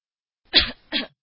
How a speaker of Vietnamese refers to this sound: Chợt nghe ngoài cửa có một tiếng ho nhẹ, ta quay đầu lại, liền thấy cha thân mặc trường bào gấm trắng.